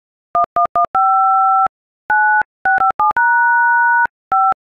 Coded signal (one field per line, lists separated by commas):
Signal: DTMF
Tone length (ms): 150 ms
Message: 1115 9657#5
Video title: Star Wars theme song on iPhone keypad